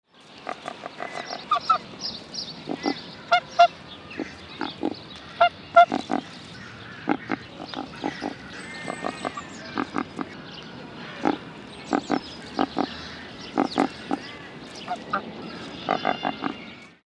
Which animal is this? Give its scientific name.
Cereopsis novaehollandiae